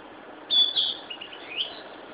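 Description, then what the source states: Narcissus flycatcher song phrase: a sharp whistled opening followed by a few softer, sliding notes ending in a rising slur. Recorded 26 May 2011.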